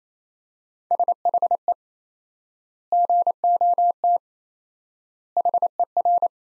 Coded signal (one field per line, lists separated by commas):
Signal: Morse code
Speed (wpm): 28 wpm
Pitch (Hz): 700 Hz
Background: none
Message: SHE GOT HER